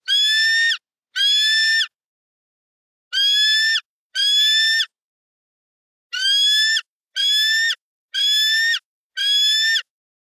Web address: eagle bald chirp